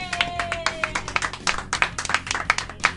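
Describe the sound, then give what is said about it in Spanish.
A short burst of applause following an announcement of a stand at the upcoming Kawaii event: a small group clapping in quick, uneven, crisp slaps that stay steady for about three seconds, with a thin high tone briefly audible at the start. “¡Aplausos!”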